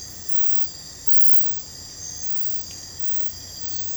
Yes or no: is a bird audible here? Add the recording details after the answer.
no. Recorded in secondary vegetation near Puerto Asís, Putumayo, Colombia, on 22 December 2024 at 02:00. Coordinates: 0.499, -76.323. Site G010